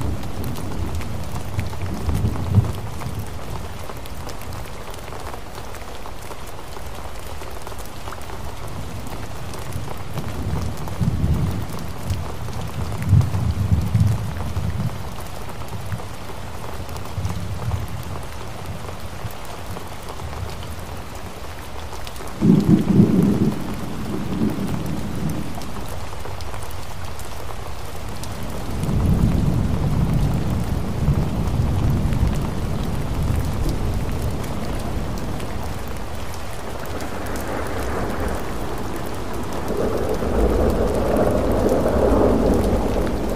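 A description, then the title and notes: A thunderstorm with steady, dense rain hissing across the whole clip. Low, distant rumbles of thunder swell at intervals, around 2, 12, 23 and 29 seconds, with a longer, heavier roll building near the end. Sleeping Sounds Thunderstorm White Noise.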